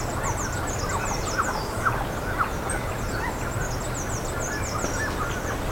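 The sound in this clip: Bird calls: thin, high, quick chirps in a busy stream, with a few softer mid-pitched notes and a low steady hum underneath.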